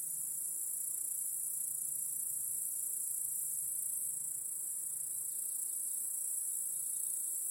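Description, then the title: Crickets chirping in a dense, steady chorus, a continuous high-pitched shimmering trill that holds unbroken throughout. Crickets chorusing in a backyard at night. "Crickets in Your Backyard 🏡. Discovering the Sounds of Home"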